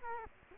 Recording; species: mosquito wingbeat signal from an infrared sensor; Culex quinquefasciatus